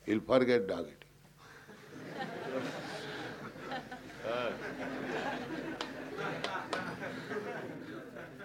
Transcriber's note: laughter